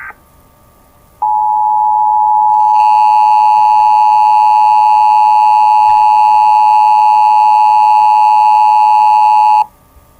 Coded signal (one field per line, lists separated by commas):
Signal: Emergency Alert System (SAME) tones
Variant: 853 and 960 Hz attention tone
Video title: (PLEASE STOP WATCHING THIS ITS CRINGE) Thanos Snap (EAS Scenario)